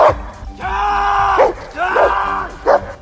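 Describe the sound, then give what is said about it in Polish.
During police dog training exercises with handlers and dogs from Poland, the Czech Republic, Slovakia and Hungary, a dog gives two drawn-out, tonal barks that stretch into whining yowls, with short sharp yelps between them, loud and alone over a low rumble. “W ćwiczeniach uczestniczyli przewodnicy i psy z Polski, Czech, Słowacji i Węgier.”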